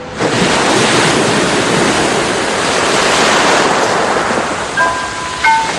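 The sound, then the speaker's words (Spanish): A steady, hollow rushing roar like ocean waves heard inside a conch shell, continuous and fairly loud with no speech, ending with a few faint high tones over the wash. “El mar, dentro de la caracola.”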